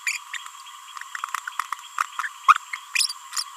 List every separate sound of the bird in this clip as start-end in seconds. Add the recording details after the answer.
0.07-0.12, 0.33-0.36, 2.23-2.28, 2.98-3.06. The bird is a female. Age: 31 days. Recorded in a nest box in Venezuela. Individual 17B42A2